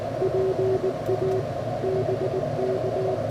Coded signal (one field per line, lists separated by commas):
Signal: Morse code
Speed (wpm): 19 wpm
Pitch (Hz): 380 Hz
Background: none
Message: PA BK